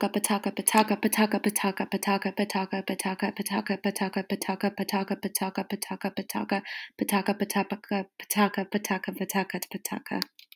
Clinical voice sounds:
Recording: repeated syllables /pa ta ka/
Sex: female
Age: 20 to 29 years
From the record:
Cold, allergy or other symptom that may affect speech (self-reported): no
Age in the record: 25 years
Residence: Colorado, United States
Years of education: 17

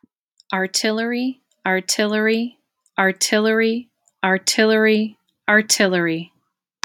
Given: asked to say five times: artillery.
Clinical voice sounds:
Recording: repeated word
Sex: female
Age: 40 to 49 years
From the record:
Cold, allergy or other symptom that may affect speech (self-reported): no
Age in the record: 41 years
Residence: Wisconsin, United States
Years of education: 17

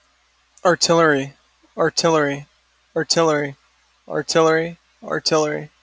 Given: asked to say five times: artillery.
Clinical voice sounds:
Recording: repeated word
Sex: male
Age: 30 to 39 years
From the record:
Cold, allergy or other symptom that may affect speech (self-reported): no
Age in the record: 33 years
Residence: Florida, United States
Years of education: 14

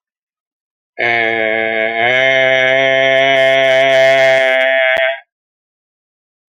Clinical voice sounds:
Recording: vowel held as long as possible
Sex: male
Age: 60 to 69 years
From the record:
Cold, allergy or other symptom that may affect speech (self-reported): no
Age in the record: 61 years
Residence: South Carolina, United States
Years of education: 14

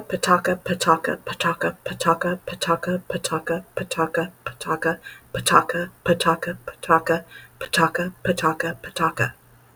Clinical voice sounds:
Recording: repeated syllables /pa ta ka/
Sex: female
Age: 50 to 59 years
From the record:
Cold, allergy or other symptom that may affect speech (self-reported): no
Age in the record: 52 years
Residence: Texas, United States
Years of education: 16

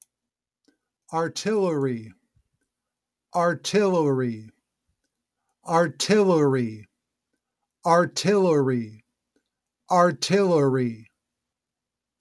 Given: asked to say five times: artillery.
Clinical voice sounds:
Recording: repeated word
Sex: male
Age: 50 to 59 years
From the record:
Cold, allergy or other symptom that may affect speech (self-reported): no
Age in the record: 50 years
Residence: Missouri, United States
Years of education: 16

